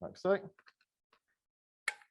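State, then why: Torque reached. Someone talks briefly, then a torque-limiting screwdriver tightens the cord bobbin of a prosthetic socket again after its lever has been opened and closed to rearrange the threaded cords inside. Faint ticks of the tightening follow, and the screwdriver gives a sharp click at 1.9 seconds, showing the bobbin has reached its set torque.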